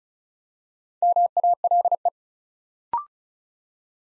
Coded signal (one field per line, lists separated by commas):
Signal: Morse code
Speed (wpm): 36 wpm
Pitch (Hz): 700 Hz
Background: none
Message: MALE